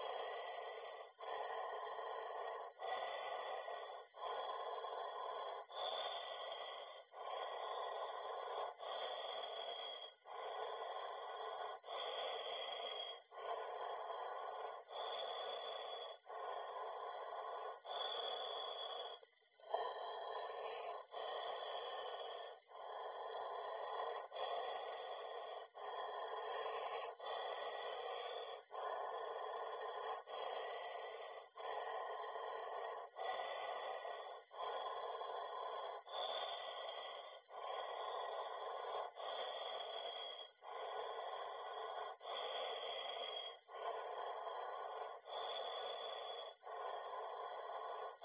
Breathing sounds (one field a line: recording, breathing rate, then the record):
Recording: paced breathing near a phone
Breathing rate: 20 breaths a minute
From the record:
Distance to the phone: 40 cm